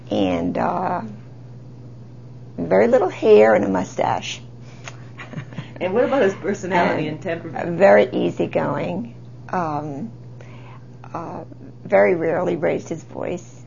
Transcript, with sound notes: and very little hair and a moustache. ( she laughs )
And what about his personality and temperament?
Very easygoing, very rarely raised his voice.